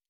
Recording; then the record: hydrophone in a shrimp aquaculture tank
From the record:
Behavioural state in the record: normal